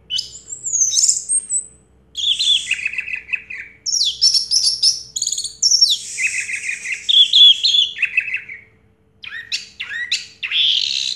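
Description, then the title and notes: Orange-headed thrush pouring out a long varied song of whistled, trilled and chattering phrases, broken by two short pauses. Anis merah song in the 'teler' style, with a clear voice; part of a complete collection of its sounds. "Anis Merah Teler Suara Jernih. suara anis merah"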